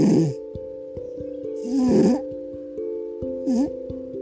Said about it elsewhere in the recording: In Boise, Idaho. Just me and my cat, and this is the sound of her snoring. Having a good dream.